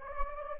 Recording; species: mosquito wingbeat signal from an infrared sensor; Anopheles gambiae